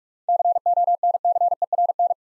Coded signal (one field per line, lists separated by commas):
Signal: Morse code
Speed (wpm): 41 wpm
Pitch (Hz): 700 Hz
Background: none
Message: CONCERN